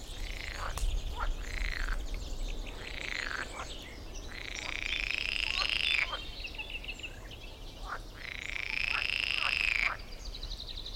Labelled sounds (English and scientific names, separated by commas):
Common Chaffinch (Fringilla coelebs)